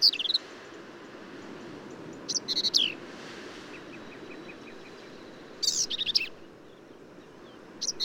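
Black-capped vireo giving a few scattered, harsh, slurred phrases separated by long pauses, with a faint, evenly pulsed ticking between them and steady background hiss.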